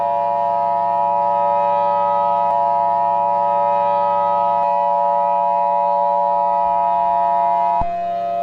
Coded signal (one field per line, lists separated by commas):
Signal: Emergency Alert System (SAME) tones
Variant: 853 and 960 Hz attention tone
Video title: EAS Scenarios #42-43 Thanksgiving Special